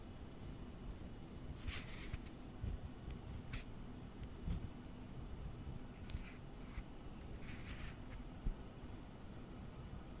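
Tapping and tracing on office objects, with a steady low rumble and rustle underneath throughout. Short bright scratchy strokes break through at irregular moments, near 2, 3.5, 6 and 7.5 seconds, each lasting a fraction of a second to about half a second.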